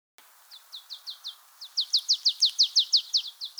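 Marsh tit delivering a fast, even string of bright chipping notes, softer at first and then louder.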